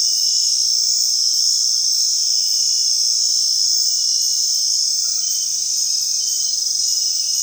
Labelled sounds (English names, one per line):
none